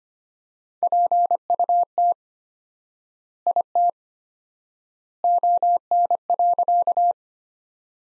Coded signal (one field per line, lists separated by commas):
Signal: Morse code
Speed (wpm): 25 wpm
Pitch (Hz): 700 Hz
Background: none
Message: PUT IT ON.